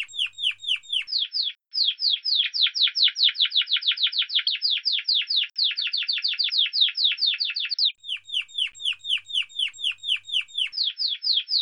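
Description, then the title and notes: Canary song in phrases: bright descending notes with high ticking overtones, then a long fast rolling trill, then the slower ticking phrase again; nothing else heard. Timbrado Español breed canary; song phrase called piau-piau. "TIMBRADO ESPANOL Takis"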